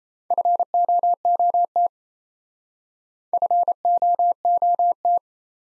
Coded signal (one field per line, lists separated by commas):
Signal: Morse code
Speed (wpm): 37 wpm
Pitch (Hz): 700 Hz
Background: none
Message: FOOT FOOT